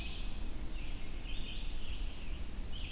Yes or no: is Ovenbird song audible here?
no